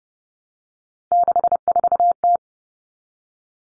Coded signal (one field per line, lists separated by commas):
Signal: Morse code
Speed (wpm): 30 wpm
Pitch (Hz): 700 Hz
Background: none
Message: 64T